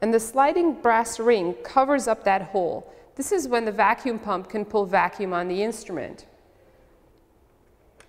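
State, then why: Not seated. Someone talks for the first six seconds while the longer brass terminal of a tubing line, fitted with a sliding brass ring that covers a small side hole, is handled toward the front port of a vacuum pump for a Bruker Tracer instrument. Quiet follows, with one brief sharp sound at 8.0 s as the clip ends. The terminal has not yet seated or clicked onto the pump.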